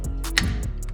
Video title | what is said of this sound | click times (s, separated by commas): Junkyard Transmission Install! Will It Work? 1984 Mitsubishi Jeep Resurrection Part 3 | Click. Hear that click? | 0.4 s